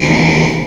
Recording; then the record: squeal of a Yucatan mini pig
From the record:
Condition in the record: before surgery on the right vocal fold (resection and tissue-engineered implant); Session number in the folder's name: 1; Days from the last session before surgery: -3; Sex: male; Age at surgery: 12 weeks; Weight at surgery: 13 kg